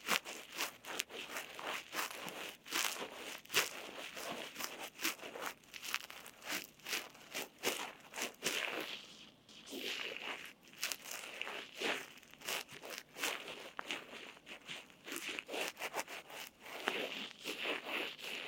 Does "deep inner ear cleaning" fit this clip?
yes